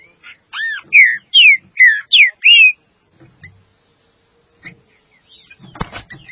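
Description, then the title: Green-winged saltator song: a brisk burst of loud whistled notes, looping and sliding downward, then quiet with scattered clicks and a brief rustle. "Trinca Ferro"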